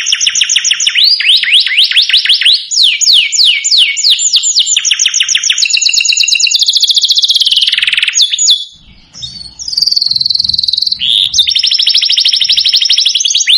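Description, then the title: Domestic canary song: continuous fast trills and repeated sweeping slurs, with a short dip before rolling trills resume. Song played to excite Belgian canaries into singing back at once. "Canto Para Esquentar Canário Belga. Suara Kenari Bikin Emosi & Langsung Nyaut"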